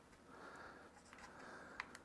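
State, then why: Not seated. The small card slot cover on the body of a DJI Mavic Air 2 drone is handled as it is about to be closed. Against a low, steady hiss, a few faint ticks come at about 1.1, 1.8 and 2.0 seconds. The clip ends before the cover goes home, so nothing has seated or clicked yet.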